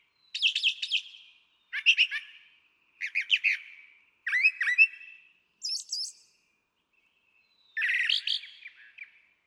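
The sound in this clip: Brown Thrasher song of distinct varied phrases, often doubled, with short gaps and a longer pause near the end.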